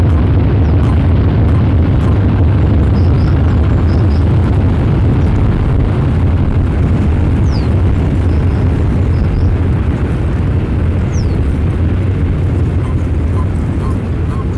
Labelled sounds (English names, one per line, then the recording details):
Common Toad call
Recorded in the wild
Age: adult
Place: Malchower Aue, Berlin, DE
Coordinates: 52.5808, 13.4886
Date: 1990-03-18 11:30
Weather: Luft 22°C, Wasser 10°C
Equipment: Riporter 6 RG-K, Halbspur, Sennheiser MKH 416 T
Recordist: Frommolt, Karl-Heinz